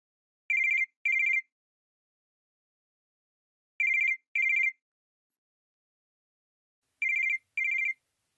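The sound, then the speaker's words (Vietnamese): An alarm clock rings in three double bursts, each pair of shrill, buzzing electronic trills separated by a few seconds of silence. No voices are heard. “Cái âm thanh quen thuộc của chiếc đồng hồ báo thức phát ra làm cho tôi tỉnh giấc.”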